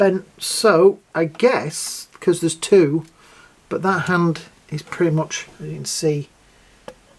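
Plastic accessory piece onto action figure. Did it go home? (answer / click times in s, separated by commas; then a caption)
yes / 6.9 s. Someone talks while a plastic accessory piece is pushed onto an action figure from the Marvel Gamerverse Avengers Iron Man vs Taskmaster set. A single sharp click sounds at 6.9 s as the accessory locks into place.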